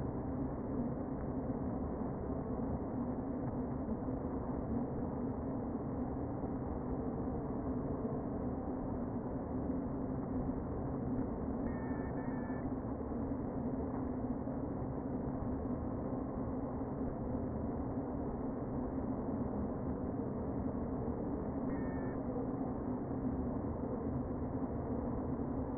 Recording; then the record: honeybee colony, microphone inside the hive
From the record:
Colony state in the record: queen present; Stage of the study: before two queens were removed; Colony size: about 60,000 bees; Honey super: yes